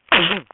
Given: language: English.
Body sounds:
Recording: throat vibration sensor signal played as sound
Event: cough

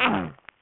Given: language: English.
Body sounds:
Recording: throat vibration sensor signal played as sound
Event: throat clearing

